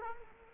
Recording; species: mosquito wingbeat signal from an infrared sensor; Culex quinquefasciatus